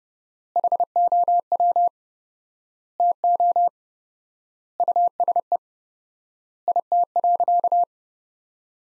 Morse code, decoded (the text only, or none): HOW TO USE IT.